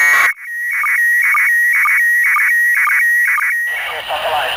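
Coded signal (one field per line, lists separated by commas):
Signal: SSTV (slow-scan television)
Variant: PD 120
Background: speech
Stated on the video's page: SSTV from the ISS during a school contact, received on 145.800 MHz FM over Europe with a Yaesu FT-857.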